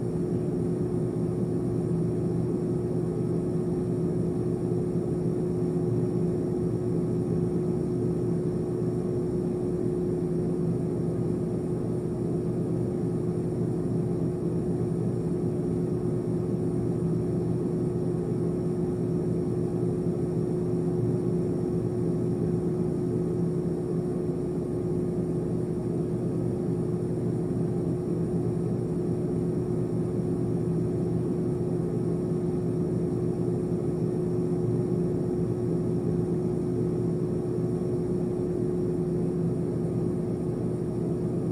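A low buzzing noise drones steadily for the whole length, with a strong, unwavering tone near the middle of the low range and a dense rumble beneath it. Nothing changes or breaks in; it sounds mechanical, like an idling engine or motor.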